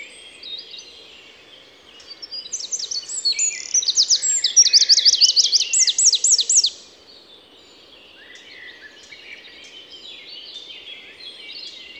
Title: Envirhôna, Les Avenières Veyrins-Thuellin, France - Troglodyte mignon